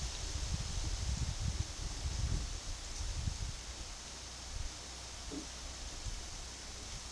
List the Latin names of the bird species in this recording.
none